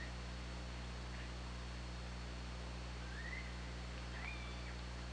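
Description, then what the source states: Killer whale calls: faint, thin tonal sweeps that rise and bend, two clearer ones near the end, over a steady low hum and constant hiss. Captured on the OrcaLab hydrophone on 24 August 2017 at 22:17.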